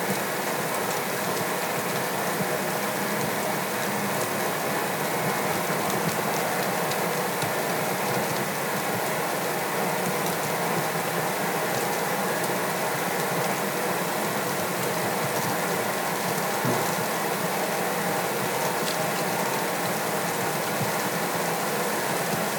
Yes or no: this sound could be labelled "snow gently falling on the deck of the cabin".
yes